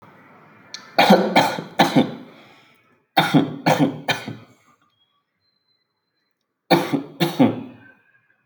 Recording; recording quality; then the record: shallow voluntary cough; excellent, no background noise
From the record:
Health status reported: recovered from COVID-19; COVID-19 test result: positive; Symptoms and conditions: none ticked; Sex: male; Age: 22 years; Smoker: not ticked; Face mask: not worn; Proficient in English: yes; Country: India